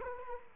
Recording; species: mosquito wingbeat signal from an infrared sensor; Culex quinquefasciatus